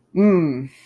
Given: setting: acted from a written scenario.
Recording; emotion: vocal sound without words; pride